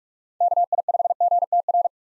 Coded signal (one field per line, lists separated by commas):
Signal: Morse code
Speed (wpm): 44 wpm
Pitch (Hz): 700 Hz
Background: none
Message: KI5GTR